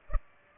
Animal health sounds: mosquito wingbeat signal from an infrared sensor; Culex pipiens

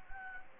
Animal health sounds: mosquito wingbeat signal from an infrared sensor; Anopheles gambiae

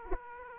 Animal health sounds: mosquito wingbeat signal from an infrared sensor; Aedes aegypti

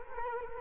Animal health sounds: mosquito wingbeat signal from an infrared sensor; Culex quinquefasciatus

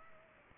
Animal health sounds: mosquito wingbeat signal from an infrared sensor; Culex pipiens

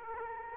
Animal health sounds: mosquito wingbeat signal from an infrared sensor; Aedes aegypti

